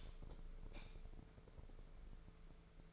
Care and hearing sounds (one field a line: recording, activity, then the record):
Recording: daily activity, microphone in the room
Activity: light off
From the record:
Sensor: 5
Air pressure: 1014.8 hPa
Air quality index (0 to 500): 170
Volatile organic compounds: 6 ppm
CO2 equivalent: 1866 ppm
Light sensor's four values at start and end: 120/287/123/135 and 119/281/121/133